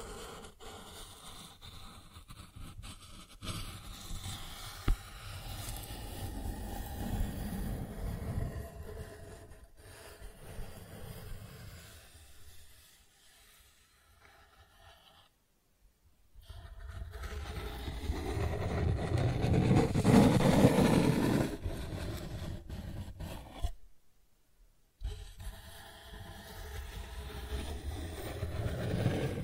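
Cardboard is scratched and rubbed in long, rough, continuous passes with a low rumbling undertone. Scattered ticks come early, the scraping swells loudest around twenty seconds, and it breaks off into complete silence near fifteen and again near twenty-four seconds.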